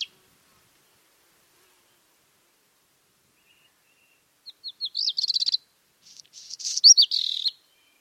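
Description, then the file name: Black redstart song: after long silence, a short high phrase of rising notes with a scratchy rattle, then a second crackly phrase with a few sharp notes. Vercors, Roman quarries; 4 June 2020. "rougequeue noir vercors carrieres romaines 4 juin 2020"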